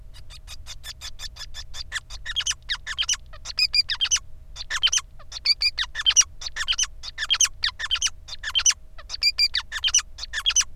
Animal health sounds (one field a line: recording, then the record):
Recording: song of a male Bengalese finch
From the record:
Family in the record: son of father 5